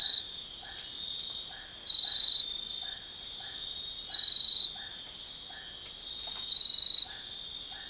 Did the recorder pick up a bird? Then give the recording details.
no. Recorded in dense forest near Puerto Asís, Putumayo, Colombia, on 18 February 2024 at 04:00. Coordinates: 0.500, -76.322. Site G6465